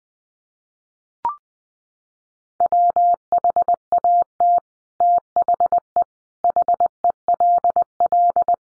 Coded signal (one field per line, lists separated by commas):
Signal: Morse code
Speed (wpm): 20 wpm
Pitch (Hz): 700 Hz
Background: none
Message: WHAT THE HELL